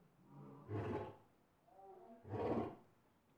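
Lion giving two deep grunting roars about one and a half seconds apart, with softer low moans leading into each.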